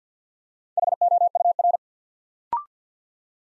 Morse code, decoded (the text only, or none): HOUR